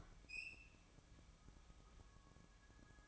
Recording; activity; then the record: daily activity, microphone in the room; open fridge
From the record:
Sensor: 1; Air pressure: 1007.7 hPa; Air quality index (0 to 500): 89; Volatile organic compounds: 1 ppm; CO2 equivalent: 767 ppm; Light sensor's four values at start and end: 14/34/14/16 and 14/34/14/16